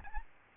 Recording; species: mosquito wingbeat signal from an infrared sensor; Aedes albopictus